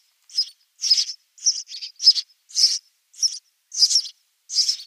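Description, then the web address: House sparrow nestlings making shrill, rasping begging chirps in short separate bursts, against a quiet background. "Schulze Peter House Sparrow"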